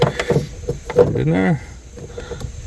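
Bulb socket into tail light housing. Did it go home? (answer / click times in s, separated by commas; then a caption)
yes / 2.4 s. Someone talks while a tail light bulb socket on a 2006 Fusion is put into the tail light housing and twisted. A single short, sharp click at 2.4 s marks the socket locking into place, seated.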